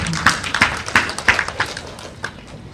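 Sparse audience applause: a handful of sharp, separate claps at a fairly steady pace, moderately loud, tapering off toward the end with no voices.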